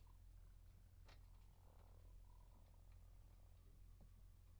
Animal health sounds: poultry house recording; healthy chickens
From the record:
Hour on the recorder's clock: 0

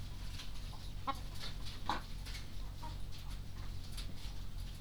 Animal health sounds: poultry house recording; sick chickens (respiratory disease)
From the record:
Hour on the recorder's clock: 19

